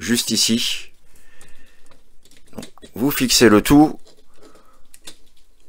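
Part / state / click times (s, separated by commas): plastic lock tab into the toy robot's body assembly / not seated / none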